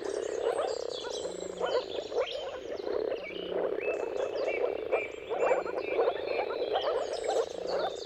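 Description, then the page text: Moor frogs form a thick, low bubbling chorus, overlaid by bird whistles and chirps and a faint low hum at intervals. Many moor frogs giving mating calls at sunrise in a dawn chorus, around the turn of March and April, timing depending on the weather. "Jakub-Orzecki moor frogs. Dawn’s Chorus: Mating Calls of Marsh Frogs at Sunrise. Depending on the weather at the turn of March and April, you can witness an amazing spectacle of moor frogs"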